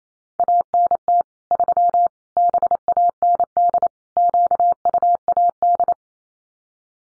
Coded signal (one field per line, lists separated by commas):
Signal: Morse code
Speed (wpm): 28 wpm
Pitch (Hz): 700 Hz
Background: none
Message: ANT 3 BAND QUAD